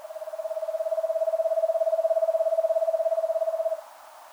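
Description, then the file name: Eastern screech owl trill, an even, rapid tremolo of low hooting notes on a single pitch for nearly four seconds, followed by faint background hiss. "Eastern Screech Owl Megascops asio"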